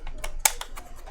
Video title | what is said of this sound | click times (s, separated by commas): EP3.1: Retrofitting Cherry MLs into Kinesis Advantage 1 Keyboards - Switch bracket and PCB design | so it fits nicely it kind of locks in place there but | 0.5 s